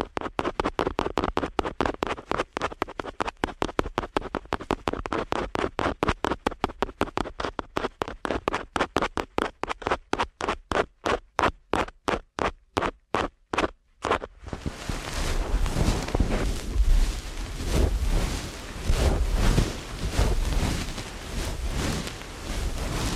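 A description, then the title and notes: Ear cleaning at helicopter speed: rapid scratchy pulses repeat very fast, then slow and space out toward fourteen seconds like a rotor winding down. After a brief silence, a dense continuous rubbing rustle takes over, swelling and fading unevenly until the end. ASMR Ear Cleaning at Helicopter Speed.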